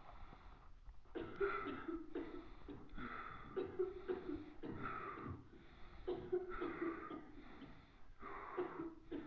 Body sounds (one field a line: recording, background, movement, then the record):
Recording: deep breathing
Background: a bystander coughing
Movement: sitting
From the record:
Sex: male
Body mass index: 22.0 kg/m2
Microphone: on the chest, facing the body